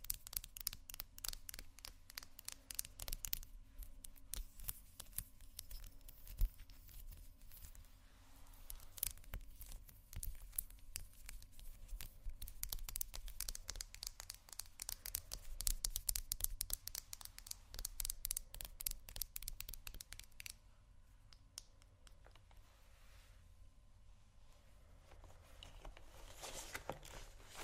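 Someone rummages through a makeup bag, with dense crinkling, rustling and clicking clatters throughout, briefly thinning near twenty seconds before resuming.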